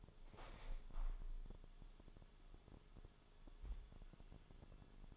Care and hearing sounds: daily activity, microphone in the room; open window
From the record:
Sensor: 5

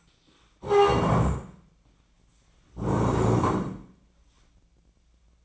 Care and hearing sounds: daily activity, microphone in the room; stand up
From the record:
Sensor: 1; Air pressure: 1012.3 hPa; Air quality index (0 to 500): 170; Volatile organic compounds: 3 ppm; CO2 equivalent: 1398 ppm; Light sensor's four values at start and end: 45/120/49/60 and 45/120/49/60

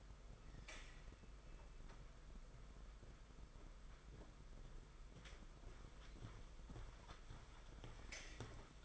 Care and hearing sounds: daily activity, microphone in the room; walk to room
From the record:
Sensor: 5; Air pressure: 991.2 hPa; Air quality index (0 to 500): 94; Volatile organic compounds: 13 ppm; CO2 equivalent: 2381 ppm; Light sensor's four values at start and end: 35/117/44/47 and 34/111/42/44

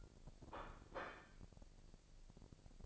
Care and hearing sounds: daily activity, microphone in the room; place plate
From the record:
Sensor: 5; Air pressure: 1007.6 hPa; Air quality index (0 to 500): 92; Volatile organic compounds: 1 ppm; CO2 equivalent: 723 ppm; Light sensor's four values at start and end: 35/82/33/34 and 35/82/33/34

